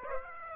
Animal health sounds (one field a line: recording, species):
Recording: mosquito wingbeat signal from an infrared sensor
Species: Aedes aegypti